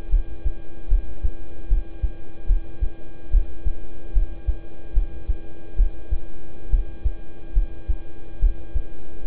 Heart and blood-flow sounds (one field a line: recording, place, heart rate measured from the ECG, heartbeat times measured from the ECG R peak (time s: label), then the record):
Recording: heart sounds by stethoscope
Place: between the tricuspid and mitral areas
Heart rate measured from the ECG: 72 bpm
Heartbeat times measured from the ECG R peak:
0.10 s: heartbeat
0.88 s: heartbeat
1.68 s: heartbeat
2.46 s: heartbeat
3.31 s: heartbeat
4.13 s: heartbeat
4.93 s: heartbeat
5.76 s: heartbeat
6.70 s: heartbeat
7.53 s: heartbeat
8.39 s: heartbeat
9.23 s: heartbeat
From the record:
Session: rest, lying down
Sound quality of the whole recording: good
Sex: male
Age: 26 years